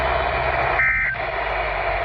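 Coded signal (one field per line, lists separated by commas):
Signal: Emergency Alert System (SAME) tones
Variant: end-of-message bursts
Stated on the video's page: Required weekly test on NOAA weather radio station in Covington, NWS Wilmington, received on Midland ER10VP, Midland ER210, First Alert WX-07 and Baofeng stream.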